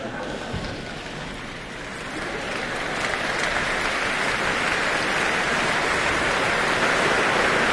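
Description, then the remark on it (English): A concert audience applauds steadily after a performance of a presto by Bach, a dense wash of clapping hands that swells slightly louder after the first few seconds and holds strong to the end, with no voices standing out. “that tremendous applause that they gave her for that presto by Bach.”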